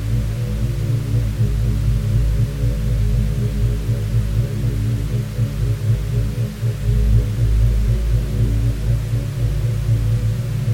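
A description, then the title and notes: Steady low tones hum together as a deep, layered drone, with a gentle rhythmic throb pulsing through the bottom. A faint, even hiss sits quietly above them, and the level stays constant throughout. 9' Binaural Beats & White Noise.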